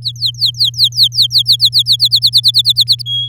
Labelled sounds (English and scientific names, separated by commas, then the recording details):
Domestic Canary (Serinus canaria) song
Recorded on 10 May 2018 at 06:21
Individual llb16